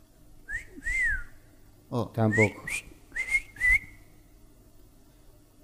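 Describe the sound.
A bright wolf whistle at a young woman walking past swoops up and down, then after a short spoken word come several quicker whistled chirps at a similar high pitch, fairly loud over a quiet background.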